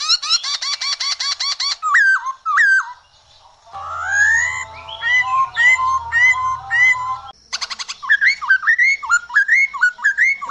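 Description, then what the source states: Black-throated laughingthrush song mixing rapid chattering trills with slurred whistles and varied rising and falling notes; a low hum sounds for several seconds in the middle. Bird spreading its wings (buka sayap).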